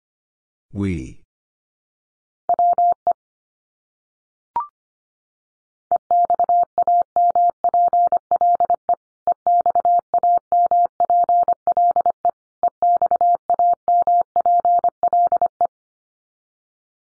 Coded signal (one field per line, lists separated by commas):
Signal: Morse code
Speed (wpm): 25 wpm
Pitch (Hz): 700 Hz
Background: none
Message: WE EXAMPLE EXAMPLE EXAMPLE